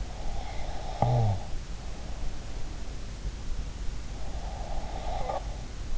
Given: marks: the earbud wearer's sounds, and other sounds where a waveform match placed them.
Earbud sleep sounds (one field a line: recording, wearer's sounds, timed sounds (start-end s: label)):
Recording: sounds in sleep by an in-ear microphone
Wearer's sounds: breath, snoring breath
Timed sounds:
0.22-1.45 s: breath
0.94-1.45 s: snoring breath
4.49-5.61 s: breath